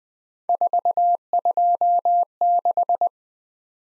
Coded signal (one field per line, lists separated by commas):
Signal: Morse code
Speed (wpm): 20 wpm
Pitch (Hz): 700 Hz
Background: none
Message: 426